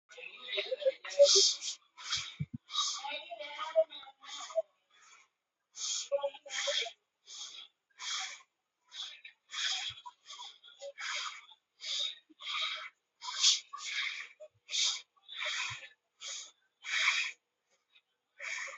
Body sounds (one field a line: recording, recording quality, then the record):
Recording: shallow breathing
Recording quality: moderate, slight background noise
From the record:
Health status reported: healthy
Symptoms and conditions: hypertension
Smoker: not ticked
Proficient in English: yes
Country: India